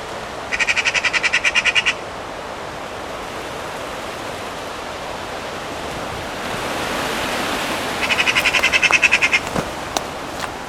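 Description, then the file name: Eurasian magpie with two harsh machine-gun chatters, each a quick series of rasping notes, separated by several seconds of wind-like rushing noise. "Pica pica"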